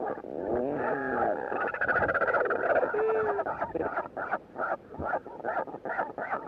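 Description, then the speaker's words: Northern royal albatross calling, a harsh braying, harmonic-rich wail that breaks into a stuttering series of rattling pulses, several per second. From the Natural History Unit Sound Archive. "This is the sound of the Royal Northern Albatross."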